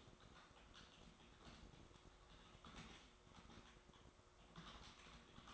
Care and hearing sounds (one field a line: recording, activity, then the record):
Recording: daily activity, microphone in the room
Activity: typing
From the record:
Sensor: 3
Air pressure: 1004.4 hPa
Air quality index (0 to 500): 196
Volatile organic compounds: 14 ppm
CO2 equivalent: 2455 ppm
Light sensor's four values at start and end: 6/16/5/6 and 6/16/5/6